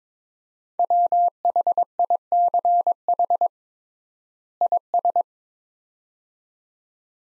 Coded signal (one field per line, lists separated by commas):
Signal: Morse code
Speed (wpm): 21 wpm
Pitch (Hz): 700 Hz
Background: none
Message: WHICH IS